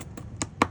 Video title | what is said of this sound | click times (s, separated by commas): Top Loader Notebook Cover Tutorial | just snaps right in. | 0.4 s, 0.6 s